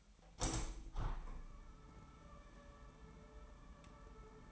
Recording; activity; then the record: daily activity, microphone in the room; open window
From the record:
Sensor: 1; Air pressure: 998.6 hPa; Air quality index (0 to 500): 124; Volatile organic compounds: 3 ppm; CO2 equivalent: 1487 ppm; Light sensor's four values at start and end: 8/18/7/9 and 8/19/8/9